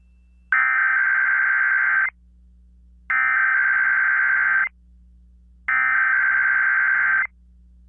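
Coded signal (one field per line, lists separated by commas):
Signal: Emergency Alert System (SAME) tones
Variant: header bursts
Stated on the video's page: KDKA required weekly test.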